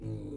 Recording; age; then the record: pig call; weaner (32 to 43 days)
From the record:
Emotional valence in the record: negative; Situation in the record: novel object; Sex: female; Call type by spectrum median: low-frequency call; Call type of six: low-frequency stable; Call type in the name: low-frequency stable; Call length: 0.37 s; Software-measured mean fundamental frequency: 52 Hz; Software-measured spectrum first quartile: 107 Hz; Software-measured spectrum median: 210 Hz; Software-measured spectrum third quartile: 356 Hz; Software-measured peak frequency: 301 Hz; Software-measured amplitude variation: 115 dB a second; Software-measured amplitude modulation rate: 32.3 a second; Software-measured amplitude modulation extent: 3.6 dB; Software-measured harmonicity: -1.7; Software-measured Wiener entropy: 0.08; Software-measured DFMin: 1860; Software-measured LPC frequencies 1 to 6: 360, 2342, 3834, 5987, 6774, 7673 Hz